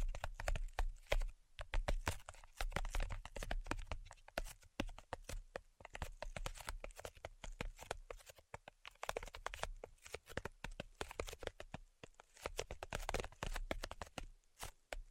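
Rapid tapping fills the recording, dense clusters of sharp clicks and knocks with short pauses between bursts. The taps come fast and unevenly, some crisp and bright, others duller with a low thud beneath, and a soft low rumble sits underneath throughout.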